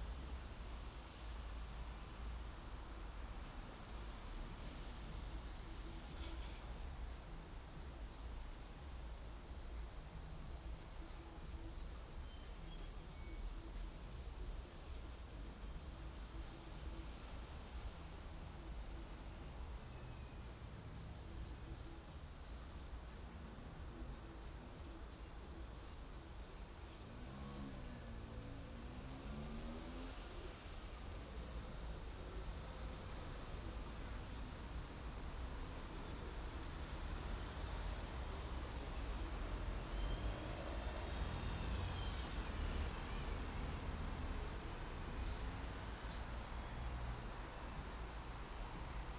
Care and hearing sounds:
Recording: everyday scene through a hearing-aid microphone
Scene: in traffic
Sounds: traffic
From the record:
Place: main city hub, rush hour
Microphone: in the ear canal, right

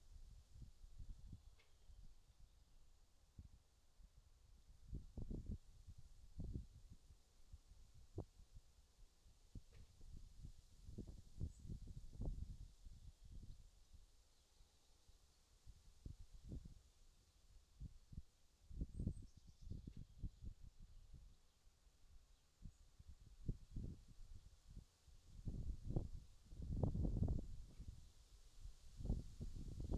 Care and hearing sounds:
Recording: everyday scene through a hearing-aid microphone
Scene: wind on the microphone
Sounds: gentle breeze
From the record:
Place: in front of a rural house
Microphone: in the ear canal, left

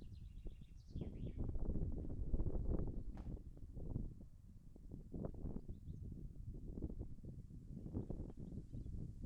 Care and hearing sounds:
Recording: everyday scene through a hearing-aid microphone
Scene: wind on the microphone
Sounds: wind, birds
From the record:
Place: in front of a rural house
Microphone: behind the ear, left, front

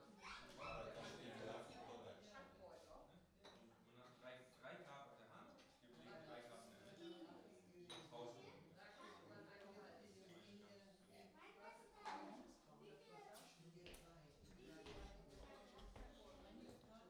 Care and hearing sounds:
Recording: everyday scene through a hearing-aid microphone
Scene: many people talking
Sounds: many voices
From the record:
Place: parish hall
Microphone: in the ear canal, right

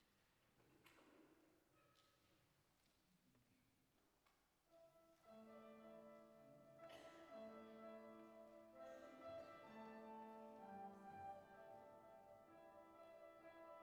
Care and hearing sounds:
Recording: everyday scene through a hearing-aid microphone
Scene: reverberant space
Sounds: music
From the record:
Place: church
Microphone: behind the ear, left, front

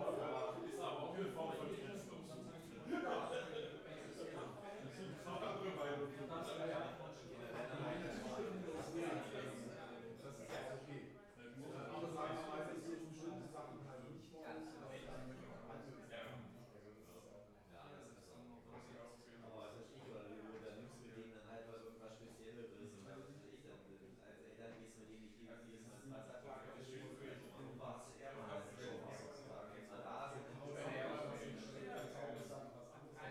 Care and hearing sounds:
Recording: everyday scene through a hearing-aid microphone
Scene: many people talking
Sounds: many voices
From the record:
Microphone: behind the ear, left, rear

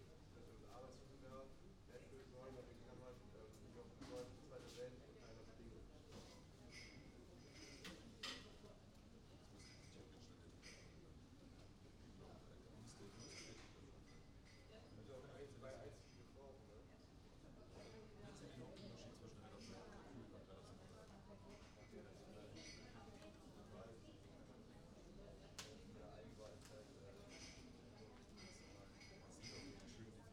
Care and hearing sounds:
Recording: everyday scene through a hearing-aid microphone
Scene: many people talking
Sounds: many voices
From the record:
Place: university cafeteria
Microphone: in the ear canal, right

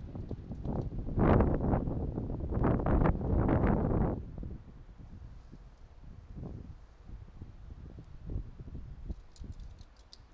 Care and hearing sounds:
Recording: everyday scene through a hearing-aid microphone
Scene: wind on the microphone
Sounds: squally wind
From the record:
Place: parking lot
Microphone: in the ear canal, right

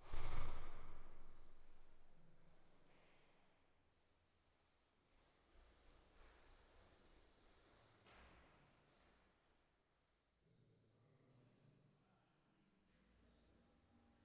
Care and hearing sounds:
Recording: everyday scene through a hearing-aid microphone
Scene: reverberant space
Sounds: speech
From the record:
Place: staircase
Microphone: behind the ear, right, front

